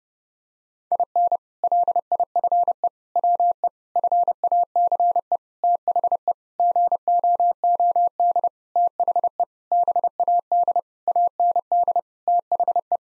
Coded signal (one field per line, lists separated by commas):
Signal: Morse code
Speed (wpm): 30 wpm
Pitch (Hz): 700 Hz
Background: none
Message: IN LIFE WE FACE THE GOOD THE BAD AND THE